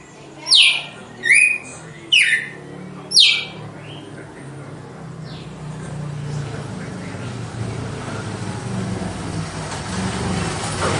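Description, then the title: Red-cowled cardinal giving four strong downslurred whistles in the first few seconds, then falling silent while a steady low hum and background hiss continue. Female; song described as a pure, strong, clean and measured 'açoite' style. "Canto Galo Campina Fêmea. GALO DE CAMPINA, AÇOITE PURO, FORTE, LIMPO E COMPASSADO"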